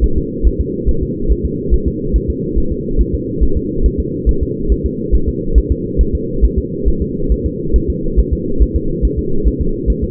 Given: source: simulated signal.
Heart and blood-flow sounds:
fetal heart sounds
0.04 s: S1
0.18 s: S2
0.47 s: S1
0.61 s: S2
0.89 s: S1
1.03 s: S2
1.32 s: S1
1.45 s: S2
1.74 s: S1
1.88 s: S2
2.16 s: S1
2.30 s: S2
2.58 s: S1
2.72 s: S2
3.01 s: S1
3.15 s: S2
3.43 s: S1
3.57 s: S2
3.86 s: S1
4.00 s: S2
4.29 s: S1
4.43 s: S2
4.72 s: S1
4.86 s: S2
5.15 s: S1
5.29 s: S2
5.58 s: S1
5.72 s: S2
6.01 s: S1
6.15 s: S2
6.45 s: S1
6.58 s: S2
6.88 s: S1
7.02 s: S2
7.32 s: S1
7.46 s: S2
7.76 s: S1
7.90 s: S2
8.19 s: S1
8.33 s: S2
8.62 s: S1
8.76 s: S2
9.05 s: S1
9.19 s: S2
9.48 s: S1
9.61 s: S2
9.90 s: S1
10.04 s: S2
From the record:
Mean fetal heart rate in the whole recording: 140 bpm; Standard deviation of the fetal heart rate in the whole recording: 2 bpm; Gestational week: 34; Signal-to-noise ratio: -8.1 dB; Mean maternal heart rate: 72 bpm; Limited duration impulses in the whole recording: absent

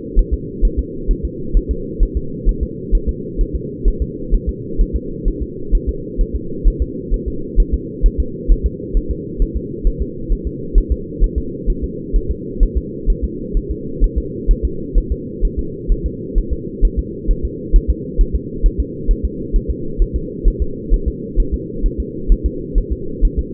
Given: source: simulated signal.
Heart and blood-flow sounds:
fetal heart sounds
0.19 s: S1
0.33 s: S2
0.65 s: S1
0.79 s: S2
1.11 s: S1
1.25 s: S2
1.57 s: S1
1.71 s: S2
2.03 s: S1
2.17 s: S2
2.49 s: S1
2.63 s: S2
2.95 s: S1
3.09 s: S2
3.41 s: S1
3.55 s: S2
3.88 s: S1
4.02 s: S2
4.34 s: S1
4.49 s: S2
4.81 s: S1
4.96 s: S2
5.28 s: S1
5.42 s: S2
5.75 s: S1
5.89 s: S2
6.21 s: S1
6.35 s: S2
6.67 s: S1
6.82 s: S2
7.14 s: S1
7.28 s: S2
7.60 s: S1
7.74 s: S2
8.06 s: S1
8.20 s: S2
8.51 s: S1
8.66 s: S2
8.97 s: S1
9.11 s: S2
9.42 s: S1
9.56 s: S2
9.87 s: S1
10.02 s: S2
10.32 s: S1
10.47 s: S2
10.78 s: S1
10.92 s: S2
11.24 s: S1
11.38 s: S2
11.70 s: S1
11.84 s: S2
12.16 s: S1
12.31 s: S2
12.63 s: S1
12.77 s: S2
13.10 s: S1
13.24 s: S2
13.57 s: S1
13.71 s: S2
14.04 s: S1
14.18 s: S2
14.51 s: S1
14.65 s: S2
14.98 s: S1
15.12 s: S2
15.45 s: S1
15.59 s: S2
15.92 s: S1
16.06 s: S2
16.38 s: S1
16.53 s: S2
16.85 s: S1
16.99 s: S2
17.31 s: S1
17.45 s: S2
17.76 s: S1
17.90 s: S2
18.21 s: S1
18.35 s: S2
18.66 s: S1
18.80 s: S2
19.11 s: S1
19.25 s: S2
19.56 s: S1
19.70 s: S2
20.02 s: S1
20.16 s: S2
20.48 s: S1
20.62 s: S2
20.94 s: S1
21.08 s: S2
21.40 s: S1
21.54 s: S2
21.86 s: S1
22.00 s: S2
22.32 s: S1
22.46 s: S2
22.78 s: S1
22.92 s: S2
23.25 s: S1
23.39 s: S2
From the record:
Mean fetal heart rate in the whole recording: 130 bpm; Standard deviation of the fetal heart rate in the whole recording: 2 bpm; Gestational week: 38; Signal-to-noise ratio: -4.3 dB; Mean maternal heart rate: 72 bpm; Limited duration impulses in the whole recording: absent

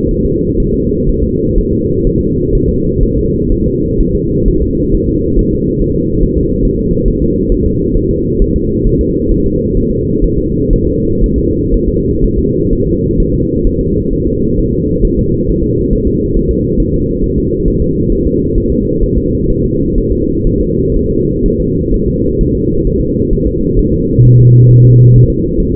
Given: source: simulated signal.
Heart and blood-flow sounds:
fetal heart sounds
0.11 s: S1
0.25 s: S2
0.60 s: S1
0.74 s: S2
1.09 s: S1
1.24 s: S2
1.58 s: S1
1.73 s: S2
2.07 s: S1
2.21 s: S2
2.55 s: S1
2.69 s: S2
3.04 s: S1
3.18 s: S2
3.52 s: S1
3.66 s: S2
4.00 s: S1
4.15 s: S2
4.48 s: S1
4.62 s: S2
4.95 s: S1
5.09 s: S2
5.39 s: S1
5.53 s: S2
5.81 s: S1
5.96 s: S2
6.23 s: S1
6.37 s: S2
6.65 s: S1
6.79 s: S2
7.08 s: S1
7.22 s: S2
7.52 s: S1
7.66 s: S2
7.97 s: S1
8.11 s: S2
8.42 s: S1
8.56 s: S2
8.87 s: S1
9.01 s: S2
9.31 s: S1
9.46 s: S2
9.77 s: S1
9.91 s: S2
10.24 s: S1
10.38 s: S2
10.73 s: S1
10.87 s: S2
11.24 s: S1
11.38 s: S2
11.74 s: S1
11.88 s: S2
12.24 s: S1
12.38 s: S2
12.73 s: S1
12.87 s: S2
13.20 s: S1
13.34 s: S2
13.67 s: S1
13.81 s: S2
14.13 s: S1
14.27 s: S2
14.59 s: S1
14.73 s: S2
15.05 s: S1
15.19 s: S2
15.49 s: S1
15.63 s: S2
15.93 s: S1
16.07 s: S2
16.37 s: S1
16.51 s: S2
16.80 s: S1
16.94 s: S2
17.24 s: S1
17.38 s: S2
17.68 s: S1
17.82 s: S2
18.12 s: S1
18.27 s: S2
18.58 s: S1
18.72 s: S2
19.04 s: S1
19.18 s: S2
19.50 s: S1
19.64 s: S2
19.98 s: S1
20.12 s: S2
20.47 s: S1
20.61 s: S2
20.97 s: S1
21.11 s: S2
21.46 s: S1
21.60 s: S2
21.94 s: S1
22.08 s: S2
22.41 s: S1
22.55 s: S2
22.87 s: S1
23.01 s: S2
23.33 s: S1
23.47 s: S2
23.79 s: S1
23.93 s: S2
24.25 s: S1
24.39 s: S2
24.71 s: S1
24.85 s: S2
25.16 s: S1
25.30 s: S2
25.60 s: S1
25.74 s: S2
From the record:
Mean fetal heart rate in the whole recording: 130 bpm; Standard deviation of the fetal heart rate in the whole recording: 4 bpm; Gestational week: 38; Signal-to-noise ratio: -14.7 dB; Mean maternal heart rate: 72 bpm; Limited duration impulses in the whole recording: present

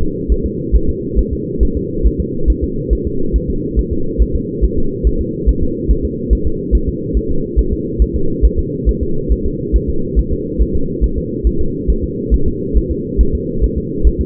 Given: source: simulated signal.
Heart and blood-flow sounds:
fetal heart sounds
0.02 s: S2
0.32 s: S1
0.46 s: S2
0.76 s: S1
0.89 s: S2
1.19 s: S1
1.33 s: S2
1.63 s: S1
1.77 s: S2
2.07 s: S1
2.20 s: S2
2.50 s: S1
2.64 s: S2
2.93 s: S1
3.07 s: S2
3.36 s: S1
3.50 s: S2
3.79 s: S1
3.93 s: S2
4.22 s: S1
4.35 s: S2
4.64 s: S1
4.78 s: S2
5.07 s: S1
5.21 s: S2
5.49 s: S1
5.63 s: S2
5.91 s: S1
6.05 s: S2
6.33 s: S1
6.47 s: S2
6.75 s: S1
6.89 s: S2
7.17 s: S1
7.31 s: S2
7.59 s: S1
7.73 s: S2
8.02 s: S1
8.16 s: S2
8.45 s: S1
8.59 s: S2
8.89 s: S1
9.03 s: S2
9.32 s: S1
9.46 s: S2
9.76 s: S1
9.89 s: S2
10.19 s: S1
10.32 s: S2
10.61 s: S1
10.75 s: S2
11.04 s: S1
11.18 s: S2
11.47 s: S1
11.61 s: S2
11.90 s: S1
12.04 s: S2
12.34 s: S1
12.48 s: S2
12.77 s: S1
12.91 s: S2
13.21 s: S1
13.35 s: S2
13.64 s: S1
13.78 s: S2
14.07 s: S1
14.21 s: S2
From the record:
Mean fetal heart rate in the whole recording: 140 bpm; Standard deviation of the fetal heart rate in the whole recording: 2 bpm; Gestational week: 34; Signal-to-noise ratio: -8.1 dB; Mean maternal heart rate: 72 bpm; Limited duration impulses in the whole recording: absent

